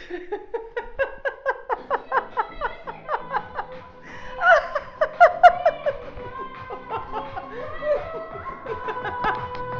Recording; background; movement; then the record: laughter; music; walking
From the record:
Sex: female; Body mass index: 21.8 kg/m2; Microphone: on the chest, facing outward